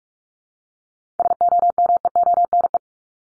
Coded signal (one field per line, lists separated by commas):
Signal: Morse code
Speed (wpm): 44 wpm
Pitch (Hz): 700 Hz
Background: none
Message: SOMEONE